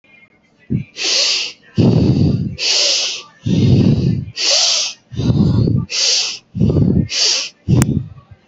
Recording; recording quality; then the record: deep breathing; excellent, no background noise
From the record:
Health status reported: healthy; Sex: female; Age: 25 years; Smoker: no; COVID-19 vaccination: both doses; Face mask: worn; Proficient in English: yes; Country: India